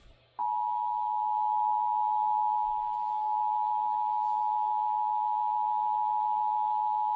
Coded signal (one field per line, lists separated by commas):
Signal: Emergency Alert System (SAME) tones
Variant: 853 and 960 Hz attention tone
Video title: Eas Sva on KGG68 and KUHT 8.3 Eas#1155- 1156